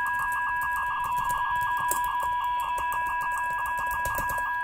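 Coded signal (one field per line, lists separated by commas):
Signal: 300-baud modem data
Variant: Bell 103, 300 baud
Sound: steady warbling tones with fast chattering flutter, like a buzzy electronic trill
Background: small room, speakerphone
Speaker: put the speakerphone back on and you can hear the the modulation the bell 103 modulation here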